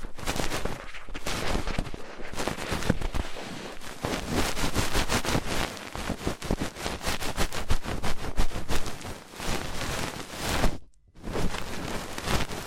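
Fast ear cleaning: dense, rapid scratching and crackling rubs fill the clip continuously, with a brief silent gap just before the eleventh second.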